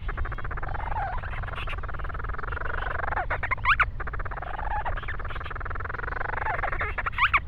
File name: Grants Storm Petrel